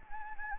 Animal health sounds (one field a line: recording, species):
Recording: mosquito wingbeat signal from an infrared sensor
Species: Anopheles gambiae